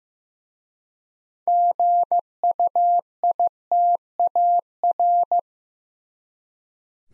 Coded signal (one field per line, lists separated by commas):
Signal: Morse code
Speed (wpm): 15 wpm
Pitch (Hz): 700 Hz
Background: none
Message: GUITAR